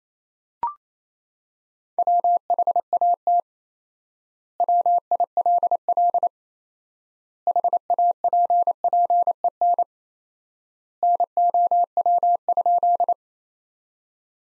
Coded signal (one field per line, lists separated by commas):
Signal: Morse code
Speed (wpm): 28 wpm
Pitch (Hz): 700 Hz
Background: none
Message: WHAT WILL HAPPEN NOW?